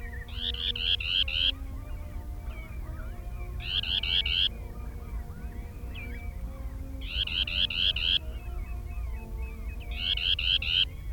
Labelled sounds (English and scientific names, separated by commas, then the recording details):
Dunlin (Calidris alpina) call
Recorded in the wild
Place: Insel Kirr, Barther Bodden, Mecklenburg-Vorpommern, DE
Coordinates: 54.421, 12.705
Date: 1970-05-24
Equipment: Nagra III BH, Sennheiser MD 21, parabola
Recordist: Schubert, Michael